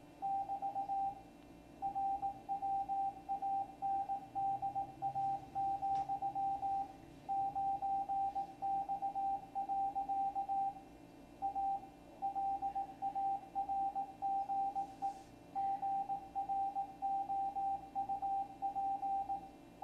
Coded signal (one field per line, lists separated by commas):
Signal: Morse code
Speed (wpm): 18 wpm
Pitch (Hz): 790 Hz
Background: radio noise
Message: <BT> RWANDA, 9X. A LARGE GROUP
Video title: Van Pelt - the C128 and Ham Radio - CLASS 2023